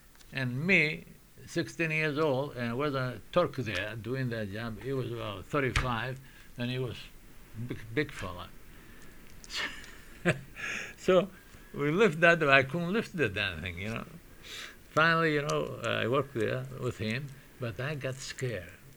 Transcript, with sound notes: And me, sixteen years old and was a Turk there doing that job, he was about thirty-five, and he was big fellow. ( he laughs ) So we lift that, I couldn't lift the damn thing, you know. Finally, you know, I worked there with him, but I got scared.